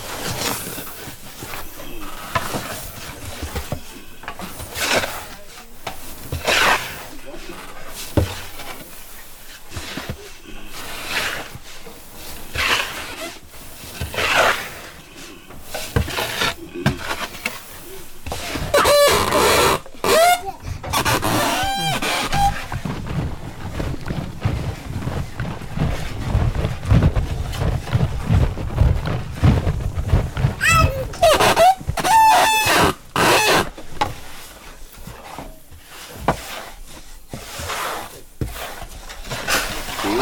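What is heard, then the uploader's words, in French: Household and village sounds in the late afternoon, with scattered knocks, clatters and short bursts of voices. Around the middle a deeper rumble builds and lingers, while bright chirping calls and a rooster-like cry come through near 20 and 32 seconds. Fin d'après-midi au village. Bruits domestiques et venus d'ailleurs. Tauary, petit village au coeur de la forêt amazonienne.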